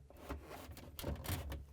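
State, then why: Not seated. A plastic Whirlpool/KitchenAid/Maytag refrigerator ice maker assembly, part WPW10300024, is slid into its mounting in the freezer compartment before being pushed home. Rubbing and sliding scrapes are heard with a few soft knocks, the strongest near 1.0 s. Nothing has locked or clicked yet.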